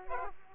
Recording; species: mosquito wingbeat signal from an infrared sensor; Aedes aegypti